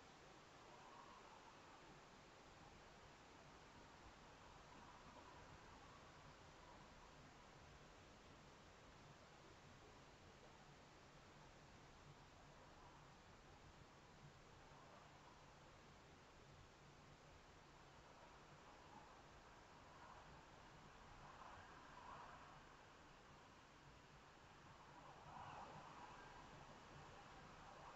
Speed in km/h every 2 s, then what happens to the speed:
13, 11, 13, 13, 15, 15, 16, 15, 15, 13, 13, 15, 16, 18.
0-28 steady at about 15.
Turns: none.